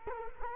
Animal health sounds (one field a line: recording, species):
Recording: mosquito wingbeat signal from an infrared sensor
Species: Culex quinquefasciatus